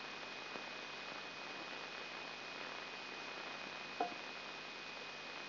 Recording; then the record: brain microelectrode recording played as sound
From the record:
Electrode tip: inside the subthalamic nucleus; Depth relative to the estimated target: 2 mm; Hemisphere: left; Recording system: AlphaMap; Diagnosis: Parkinson's disease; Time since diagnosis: 8 years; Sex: female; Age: 37 years